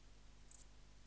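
Bush-cricket Steropleurus noblei song: a single short, very high-pitched hissing chirp midway through, otherwise near silence.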